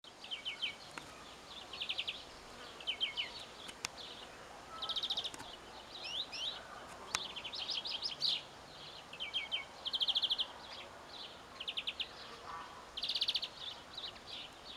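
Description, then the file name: European greenfinch song: repeated rapid high trills and twittering bursts, with occasional clicks over a hissy background. "Chloris chloris"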